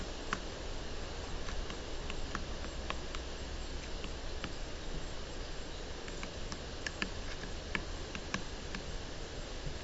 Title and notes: Downy Woodpecker Pecking With Hiss In Background. Capturing Wildlife Sound: A Useful Guide